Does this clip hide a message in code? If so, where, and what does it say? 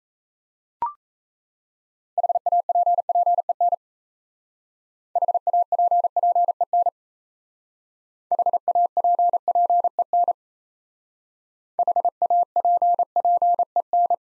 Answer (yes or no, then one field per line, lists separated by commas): yes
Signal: Morse code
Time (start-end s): 2.2-14.1 s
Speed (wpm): 36 wpm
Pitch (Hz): 700 Hz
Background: none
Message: HAPPEN HAPPEN HAPPEN HAPPEN